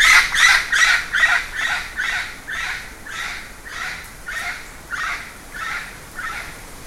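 Bird uttering a fast, steady string of rough, squawking notes, roughly two or three per second, loudest at the start and slowly fading.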